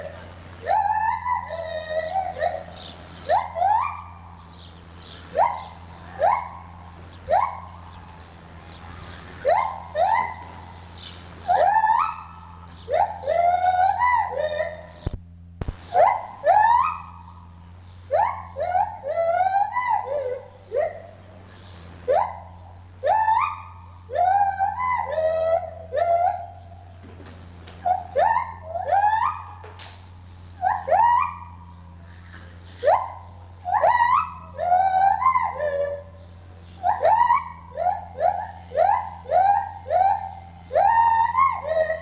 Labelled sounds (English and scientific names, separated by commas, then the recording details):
Lar Gibbon (Hylobates lar)
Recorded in captivity
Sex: group
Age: diverse
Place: Zoo Berlin, Berlin, DE
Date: 1985-07-12
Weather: sonnig, 22 °C
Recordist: Tembrock, Günter